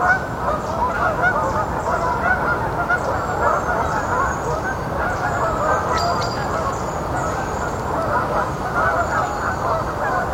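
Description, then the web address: Canada goose: canada geese honking as a flock, a dense continuous chorus of overlapping nasal honks with no pauses. "Ian Hubball Canada Geese"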